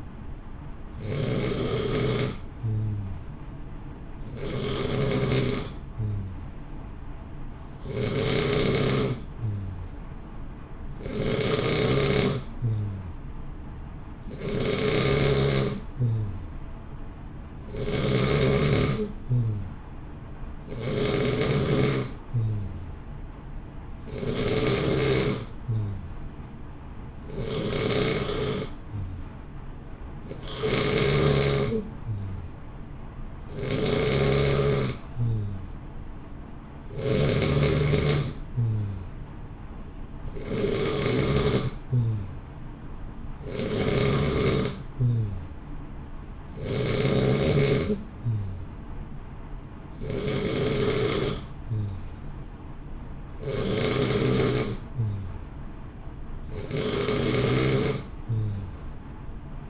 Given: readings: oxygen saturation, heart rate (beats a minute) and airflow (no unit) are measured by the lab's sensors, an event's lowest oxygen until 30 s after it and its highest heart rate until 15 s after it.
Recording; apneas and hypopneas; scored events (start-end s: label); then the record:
breathing in sleep by a smartphone at the bedside; none
none scored
From the record:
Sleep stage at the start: N3 (deep sleep); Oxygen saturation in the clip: 89 to 91%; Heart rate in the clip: 58 to 64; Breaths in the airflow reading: 24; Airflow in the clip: -0.8 to 0.8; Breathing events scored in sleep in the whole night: 328 in 6.3 hours asleep